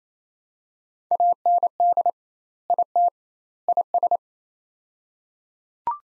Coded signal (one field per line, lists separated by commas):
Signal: Morse code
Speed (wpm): 28 wpm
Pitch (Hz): 700 Hz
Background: none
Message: AND IT IS